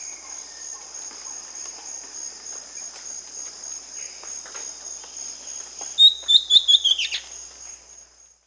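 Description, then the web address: Southern chestnut-tailed antbird calling, a quick burst of about six sharp, slightly descending notes near the end, over a steady high-pitched insect drone throughout. Peru. "Birds of the Amazon 2. Southern Chestnut-tailed Antbird (Myrmeciza hemimelaena), Peru"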